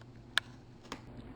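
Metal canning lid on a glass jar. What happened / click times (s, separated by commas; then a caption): The metal jar lid popped down as it sealed / 0.4 s. As glass jars cool, a metal canning lid on one of the jars gives a single sharp pop at 0.4 s, a sign that it has sealed correctly. A much fainter tick follows at about 0.9 s over a quiet low background hum.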